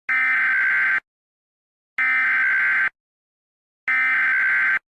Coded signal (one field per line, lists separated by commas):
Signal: Emergency Alert System (SAME) tones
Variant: header bursts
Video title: WISCONSIN AMBER ALERT CANCELLATION EAS 3/27/21